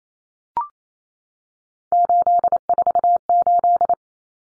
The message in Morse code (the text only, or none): 848